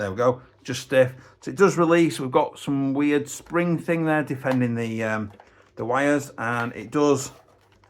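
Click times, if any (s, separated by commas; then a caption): none. A plastic folding stock on a CYBERGUN SCAR-L polymer airsoft rifle is handled and swung toward its folded position while someone talks throughout, noting it is stiff and releases. Two faint, brief ticks come near the end at about 7.7 and 7.8 seconds. Nothing has clicked into place yet.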